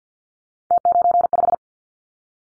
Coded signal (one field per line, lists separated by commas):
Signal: Morse code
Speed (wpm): 50 wpm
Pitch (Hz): 700 Hz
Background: none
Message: T95